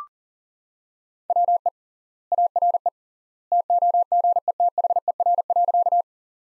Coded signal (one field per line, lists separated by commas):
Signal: Morse code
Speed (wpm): 40 wpm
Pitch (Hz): 700 Hz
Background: none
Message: WE ARE TOGETHER.